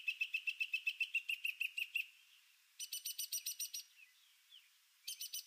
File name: Mimus polyglottos Northern Mockingbird